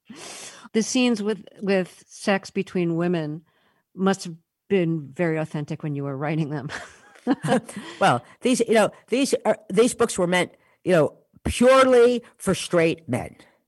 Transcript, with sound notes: The scenes with sex between women must have been very authentic when you were writing them (laughter).
Well, these - you know, these books were meant, you know, purely for straight men.